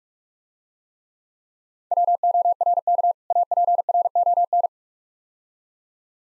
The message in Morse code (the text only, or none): WORK APRON